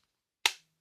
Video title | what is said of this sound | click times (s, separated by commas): Mous Limitless 7.0 iPhone 17 Pro Max | Very good snap. | 0.5 s